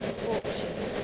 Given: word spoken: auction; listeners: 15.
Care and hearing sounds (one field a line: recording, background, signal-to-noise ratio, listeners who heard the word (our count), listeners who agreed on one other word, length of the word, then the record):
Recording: one English word in noise, from a listening test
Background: noise modulated by three-talker babble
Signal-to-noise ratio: -4.3 dB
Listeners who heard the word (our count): 1 of 15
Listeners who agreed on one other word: 9 of 15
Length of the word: 0.64 s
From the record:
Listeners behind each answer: 9, 3, 1, 1, 1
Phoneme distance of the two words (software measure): 27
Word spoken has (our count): 2 syllables, 4 phonemes, stress on syllable 1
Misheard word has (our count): 2 syllables, 5 phonemes, stress on syllable 1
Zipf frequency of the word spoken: 5.17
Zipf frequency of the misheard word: 4.51